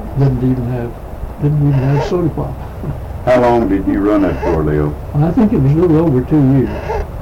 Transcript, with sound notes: Didn't even have, didn't even have sodee pop. (laughs)
How long did you run that store, Leo?
I think it was a little over two years.